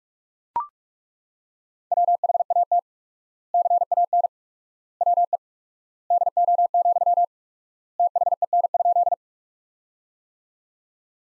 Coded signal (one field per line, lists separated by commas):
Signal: Morse code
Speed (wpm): 42 wpm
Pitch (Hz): 700 Hz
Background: none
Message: WHAT CAN WE DO, THEN?